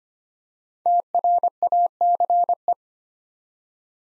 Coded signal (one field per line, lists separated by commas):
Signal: Morse code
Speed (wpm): 25 wpm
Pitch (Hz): 700 Hz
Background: none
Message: TRACE